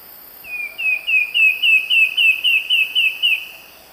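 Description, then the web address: Sooty antbird song: a steady series of a dozen or so clear, downslurred whistled notes at a nearly even pitch, over a constant high insect hum. Song; eastern lowlands of South America. "Natures Songs S America Eastern Lowlands Myrmeciza fortis, song"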